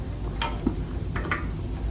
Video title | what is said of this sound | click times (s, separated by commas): Sara Lift Demo | again you should feel resistance and hear a click that's how you know that this sling is safe to use okay | 0.4 s, 1.3 s